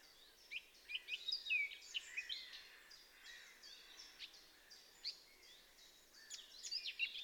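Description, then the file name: Eurasian blackcap giving a busy, twittering warble with sharp whistled accents, against a faint hissing background. "Sylvia atricapilla"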